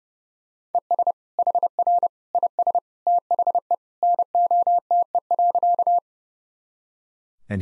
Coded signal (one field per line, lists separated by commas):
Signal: Morse code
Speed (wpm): 30 wpm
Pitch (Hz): 700 Hz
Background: none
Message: ES HR IS THE NOTE.